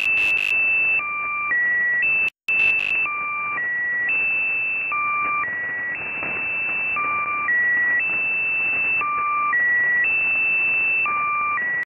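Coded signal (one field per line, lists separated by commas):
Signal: channel marker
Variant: Squeaky Wheel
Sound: repeating cycle of squeaky high tones stepping between pitches, one with a low undertone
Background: radio static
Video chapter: 01:56 channel maker start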